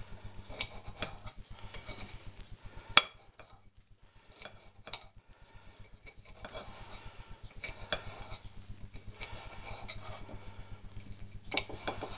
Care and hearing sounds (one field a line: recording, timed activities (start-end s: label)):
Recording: household activities, microphone on the right wrist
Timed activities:
0.00-12.18 s: cutting vegetables